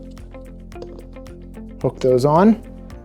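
Plastic toilet seat clips are being hooked onto the back of a commode bucket frame while someone talks over background music, with faint ticks and handling noises. Nothing has seated or clicked yet.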